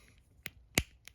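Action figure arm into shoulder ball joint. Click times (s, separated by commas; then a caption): 0.8 s. A detached plastic arm is pushed back into an action figure's shoulder peg, a ball joint, and seats with a click at 0.8 s. Smaller sharp clicks come before and after it at about 0.5 s and 1.1 s. The arm is confirmed seated in the shoulder joint.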